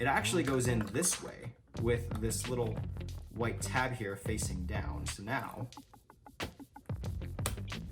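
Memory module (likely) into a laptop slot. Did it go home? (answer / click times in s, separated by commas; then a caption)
yes / 7.5 s. Someone talks while a component, likely a RAM memory module, is oriented with its small white tab facing down and pressed into its slot in an old MacBook. A few light taps and clicks follow, with the sharpest click at 7.5 s as the module seats in the slot.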